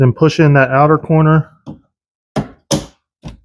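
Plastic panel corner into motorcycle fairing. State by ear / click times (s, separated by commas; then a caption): seated / 2.4 s, 2.7 s. Someone talks, then the upper corner of a painted plastic inner fairing panel on a 2024 Road Glide is pushed into the fairing. Two sharp snaps sound at 2.4 s and 2.7 s, followed by a fainter tap at 3.3 s, and the corner is seated.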